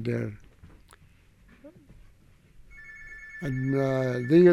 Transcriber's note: a telephone rings